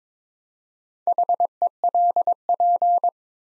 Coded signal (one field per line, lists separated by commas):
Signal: Morse code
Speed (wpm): 22 wpm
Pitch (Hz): 700 Hz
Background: none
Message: HELP